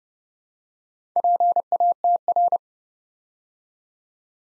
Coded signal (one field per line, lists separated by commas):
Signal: Morse code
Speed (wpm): 30 wpm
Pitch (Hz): 700 Hz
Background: none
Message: PATR